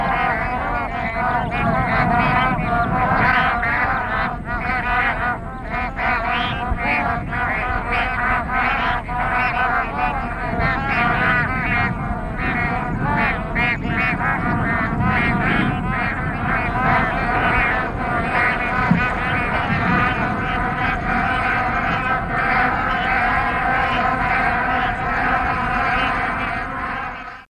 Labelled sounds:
Bar-headed Goose (Anser indicus) call
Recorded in captivity
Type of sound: call
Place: Kaziranga Nationalpark, Assam, IN
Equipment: Halbspur, 9,5 cm/s
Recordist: Lütgens, Hans
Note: Auf dem Durchzug

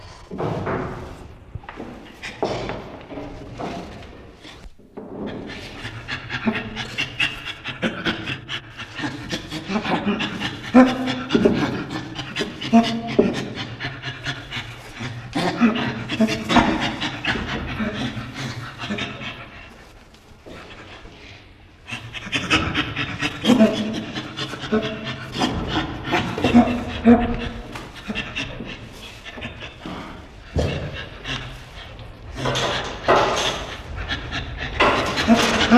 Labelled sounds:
Chimpanzee (Pan troglodytes)
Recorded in captivity
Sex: male
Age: subadult
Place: Zoo Rostock, Mecklenburg-Vorpommern, DE
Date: 1965-09-01 11:30
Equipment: Uher 4200 Report Monitor, Sennheiser MD 421, Transistorverstärker 2
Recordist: Tembrock, Günter

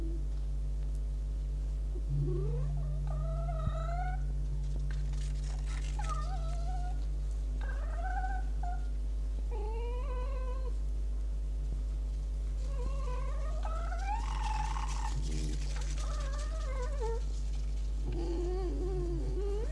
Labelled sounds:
Red Fox (Vulpes vulpes)
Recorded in captivity
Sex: male
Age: adult
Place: Zoologisches Institut der HUB, Berlin, DE
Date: 1956-02-10 20:00
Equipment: Elmetra
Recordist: Tembrock, Günter
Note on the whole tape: Vermutlich Fritz: Knätschen und geschlossenes Knurren; Schluck und Jau: Stoß-Schrei (bei Aufstellen) und helles Keckern. Über Außenleitung in Zimmer 30 aufgenommen. Achtung technische Probleme: Permanentes Netzbrummen und zusätzlich teilweise Knistern ("Brutzeln")

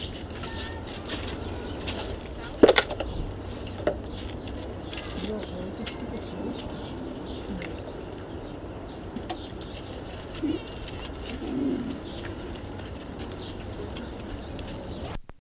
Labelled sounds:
Corsac Fox (Vulpes corsac) barking
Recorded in captivity
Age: adult
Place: Zoo Dresden, Sachsen, DE
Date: 1969-02-09 15:00
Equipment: Uher 4200 Report Stereo, Sennheiser MD 421
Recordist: Tembrock, Günter

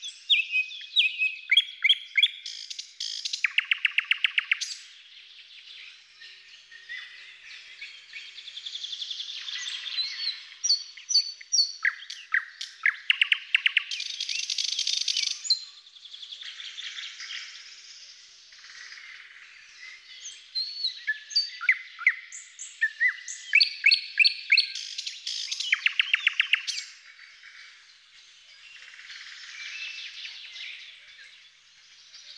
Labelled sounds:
Thrush Nightingale (Luscinia luscinia) song
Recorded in the wild
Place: Pripyatskiy NP, BY
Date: 2005-05-25
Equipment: Minidisc Sony MZ-R35, Telinga DAT, Telinga-Parabolspiegel
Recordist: Schwarz, Dieter

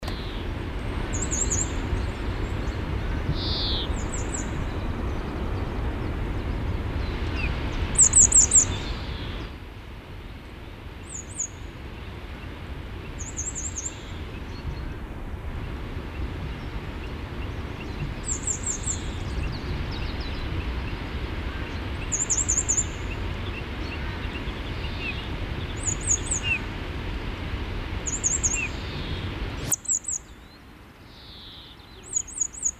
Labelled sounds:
Grey Wagtail (Motacilla cinerea) call
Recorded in the wild
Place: Garmisch-Partenkirchen, Bayern, DE
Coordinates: 47.4925, 11.0736
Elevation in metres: 708
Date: 1969-04-13
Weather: Schneefall
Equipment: Uher 4000 Report
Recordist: Tretzel, Erwin

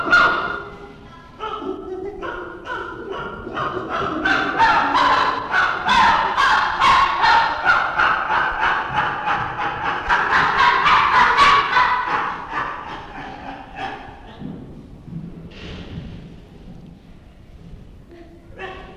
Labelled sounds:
Chimpanzee (Pan troglodytes)
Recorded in captivity
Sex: pair
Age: adult
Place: Tierpark Berlin, Berlin, DE
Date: 1966-09-21
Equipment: Tonbandgerät v. Herrn Lippert ausgeliehen
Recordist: unbekannt, keine Angabe

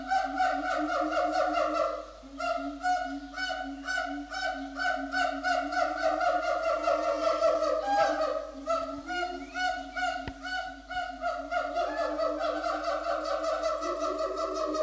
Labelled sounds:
Siamang (Symphalangus syndactylus)
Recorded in captivity
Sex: pair
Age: adult
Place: Zoo Berlin, Berlin, DE
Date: 2004-06-07 12:53
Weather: heiter, 23-25 °C
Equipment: Sony WM-D6C, Sennheiser ME 80, Kopie Uher 4000 Report Monitor
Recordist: Tembrock, Günter

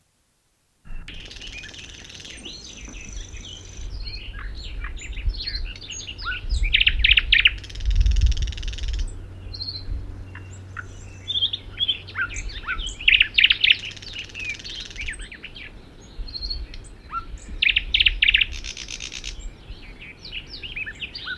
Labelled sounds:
Thrush Nightingale (Luscinia luscinia) song
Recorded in the wild
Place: Venz, Insel Rügen, Mecklenburg-Vorpommern, DE
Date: 1969-05-21
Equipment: NAGRA III BH, Sennheiser MD21 mit Reflektor (d=75 cm, Glasfiber) und Stativ
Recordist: Schubert, Michael

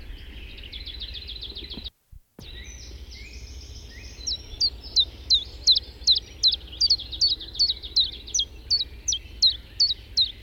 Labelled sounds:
Common Chiffchaff (Phylloscopus collybita) song
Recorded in the wild
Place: Venz, Insel Rügen, Mecklenburg-Vorpommern, DE
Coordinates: 54.497, 13.302
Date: 1971-05-31
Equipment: Nagra III BH, Sennheiser MD 21, parabola
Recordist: Schubert, Michael

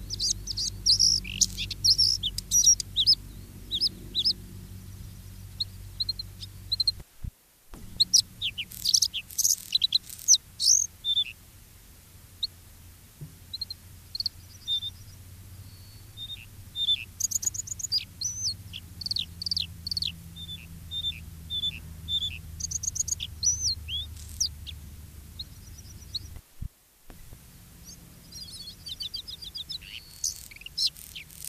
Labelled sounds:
Bluethroat (Luscinia svecica)
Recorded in the wild
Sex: male
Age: diverse
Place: Baiersdorf, Bayern, DE
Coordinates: 49.6647, 11.0231
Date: 1967-06-29
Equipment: Vollspur
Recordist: Tretzel, Erwin

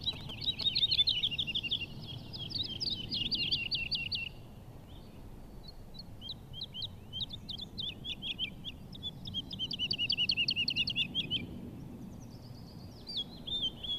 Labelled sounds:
Wood Lark (Lullula arborea)
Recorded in the wild
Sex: male
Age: adult
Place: Schönow, Naturpark Barnim, Brandenburg, DE
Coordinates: 52.693, 13.508
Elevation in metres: 70
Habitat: heath
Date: 2014-05-04
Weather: cloudy, 5°C, weak wind
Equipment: Sound Devices 702, Sennheiser MKH 70, Rycote Windschutz
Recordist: Frommolt, Karl-Heinz

